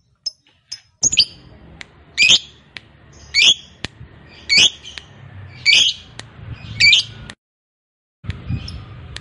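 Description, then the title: Lovebird making harsh, shrill squawks about once a second, then a pause before a burst of low rumbling noise. Fighter-type lovebird giving a long ngekek. "Begitu Dengar Suara Lovebird FIGHTER NGEKEK PANJANG"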